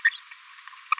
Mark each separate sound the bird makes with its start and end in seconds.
0.04-0.09, 0.92-0.94